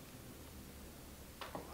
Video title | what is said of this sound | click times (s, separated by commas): How to build your own PC // TUTORIAL | first I have to unlatch it right | 1.4 s, 1.6 s